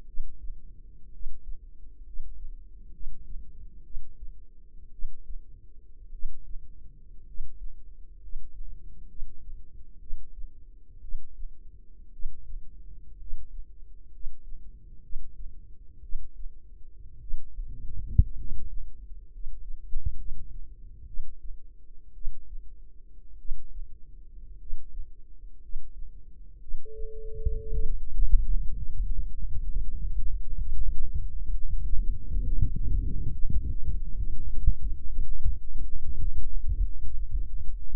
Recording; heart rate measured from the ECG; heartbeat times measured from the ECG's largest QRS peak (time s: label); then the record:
heart sounds by microphone in the left ear; 60 bpm
0.05 s: heartbeat
1.11 s: heartbeat
2.04 s: heartbeat
2.91 s: heartbeat
3.83 s: heartbeat
4.90 s: heartbeat
6.11 s: heartbeat
7.25 s: heartbeat
8.19 s: heartbeat
9.07 s: heartbeat
9.99 s: heartbeat
11.00 s: heartbeat
12.11 s: heartbeat
13.17 s: heartbeat
14.11 s: heartbeat
15.01 s: heartbeat
16.01 s: heartbeat
17.19 s: heartbeat
18.36 s: heartbeat
19.30 s: heartbeat
20.16 s: heartbeat
21.05 s: heartbeat
22.13 s: heartbeat
23.37 s: heartbeat
24.57 s: heartbeat
25.60 s: heartbeat
26.59 s: heartbeat
27.71 s: heartbeat
28.73 s: heartbeat
29.65 s: heartbeat
30.57 s: heartbeat
31.50 s: heartbeat
32.42 s: heartbeat
33.29 s: heartbeat
34.15 s: heartbeat
35.07 s: heartbeat
36.03 s: heartbeat
37.01 s: heartbeat
37.90 s: heartbeat
From the record:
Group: healthy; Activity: rest 0-28 s, light exercise 28-38 s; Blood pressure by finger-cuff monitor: 101/52 mmHg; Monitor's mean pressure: 65 mmHg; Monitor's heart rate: 61 bpm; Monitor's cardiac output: 5.4 L/min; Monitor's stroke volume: 88 mL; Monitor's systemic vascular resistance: 840 dyn s/cm5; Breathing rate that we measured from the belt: 11 breaths a minute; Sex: male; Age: 25 years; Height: 170 cm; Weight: 70.4 kg